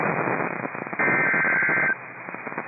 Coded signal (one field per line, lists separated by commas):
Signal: Emergency Alert System (SAME) tones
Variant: header bursts